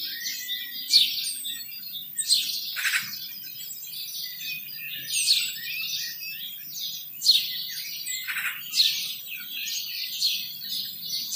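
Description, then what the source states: Birds singing: a steady mix of high chirps, twitters and short trills. Birds singing in a garden.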